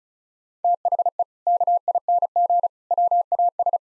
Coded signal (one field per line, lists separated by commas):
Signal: Morse code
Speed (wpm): 36 wpm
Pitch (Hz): 700 Hz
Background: none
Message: THE KING WAS